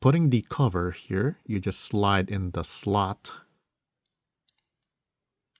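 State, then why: Not seated. Someone talks while a removable plastic cover is slid into its slot on a Hot Wheels Karmann Ghia diecast toy car body and lined up before pressing. After the talking stops, only two faint handling ticks are heard, at about 4.5 and 5.6 seconds. The cover has not been pressed home yet, so nothing has seated or clicked.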